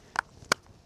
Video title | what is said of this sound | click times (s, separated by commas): 200+ Day Review: Oakley Googles | You'll hear them click. Now I know they're secure. | 0.2 s, 0.5 s